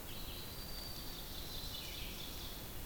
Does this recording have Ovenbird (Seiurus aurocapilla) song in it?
yes